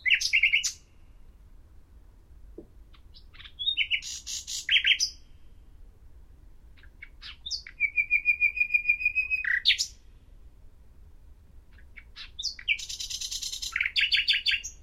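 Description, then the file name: Common nightingale song in varied bursts: chirpy phrases, then a fast even trill of repeated notes lasting about two seconds, then another rich burst. "Luscinia megarhynchos"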